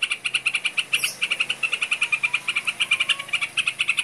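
Bird chattering song, a steady, rapid stream of sharp, buzzy pulses at an even high pitch, running without a break.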